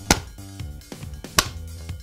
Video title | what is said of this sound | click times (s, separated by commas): New and improved Norton Paint System for preparing, mixing and spraying paints | the lid on to the hard cup turn it twice to the left listen for the two clicks then | 0.1 s, 1.4 s